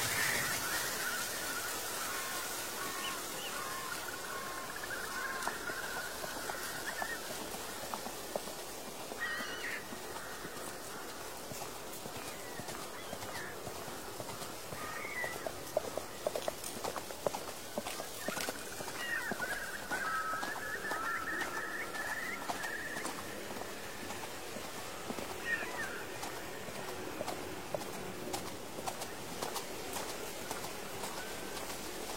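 Horse hooves clop along an old road amid rustling fallen leaves, with distant mountain birds calling throughout. A steady airy hiss fills the background while short chirps and warbles come and go, and a cluster of sharper knocks stands out around the middle.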